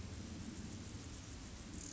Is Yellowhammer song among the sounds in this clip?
no